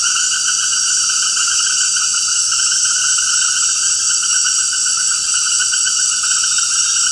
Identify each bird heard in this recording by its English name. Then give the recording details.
none. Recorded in dense forest near Puerto Asís, Putumayo, Colombia, on 20 February 2024 at 19:30. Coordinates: 0.472, -76.329. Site G6394